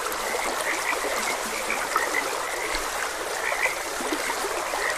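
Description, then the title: Frog chorus of brief chirpy croaks, repeated without pause, set against constant flowing water noise. Frogs croaking beside a gentle stream. "Gentle Stream and Frogs Croaking"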